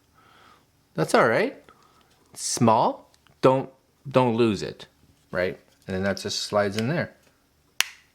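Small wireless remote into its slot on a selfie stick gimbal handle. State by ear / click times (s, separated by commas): seated / 7.8 s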